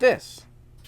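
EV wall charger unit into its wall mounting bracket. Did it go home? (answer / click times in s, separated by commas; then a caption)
no / none. Someone talks as a new Tesla Wall Connector EV wall charging unit is handled, about to be pushed onto its wall-mounted bracket. Only a brief spoken word and faint background noise are heard. Nothing has seated or clicked yet.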